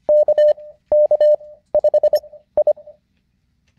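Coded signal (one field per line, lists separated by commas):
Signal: Morse code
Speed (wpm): 25 wpm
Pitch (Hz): 600 Hz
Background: none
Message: K K 5 I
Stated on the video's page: Computer-generated Morse call signs for call sign copying practice, sent by a training website.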